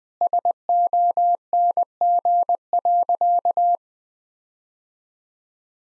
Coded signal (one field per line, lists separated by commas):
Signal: Morse code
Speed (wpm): 20 wpm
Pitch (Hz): 700 Hz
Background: none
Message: SONG.